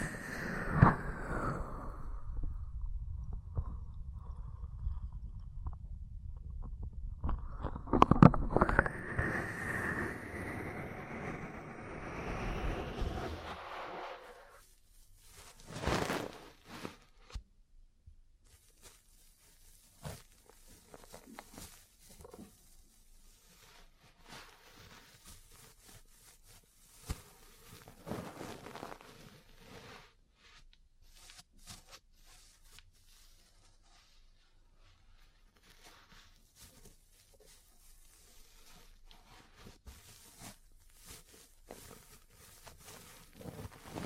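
Ear cleaning with massage and tapping. The first fourteen seconds are a heavy, muffled rubbing with deep thumps and swelling whooshes. After that, quieter scratchy scraping and soft crackles come in short, irregular bursts, with occasional sharper taps.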